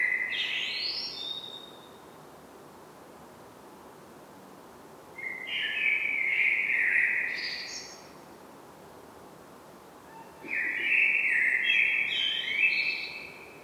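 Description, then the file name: Common blackbird song: three fluted, warbling phrases around mid pitch, each ending in higher twittering notes, separated by pauses of a few seconds. "Turdus merula"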